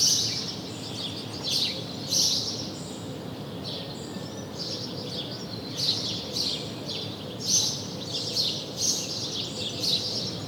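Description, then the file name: House sparrow chirps, short bright calls in bursts scattered throughout over steady low background noise. "Passer domesticus"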